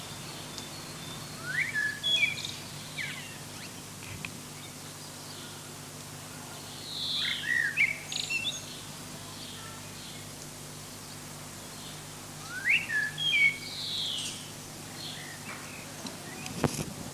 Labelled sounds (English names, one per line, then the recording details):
Common Blackbird song
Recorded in the wild
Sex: male
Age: adult
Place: Lübars, Berlin, DE
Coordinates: 52.6167, 13.35
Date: 2006-04-25 18:45
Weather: sunny, 18°C
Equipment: Grundig CR 110, Sennheiser ME 80, Kopie Uher 4000 Report Monitor
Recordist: Tembrock, Günter